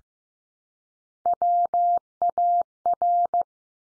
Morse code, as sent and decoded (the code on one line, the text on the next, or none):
.-- .- .-.
WAR